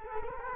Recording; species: mosquito wingbeat signal from an infrared sensor; Culex quinquefasciatus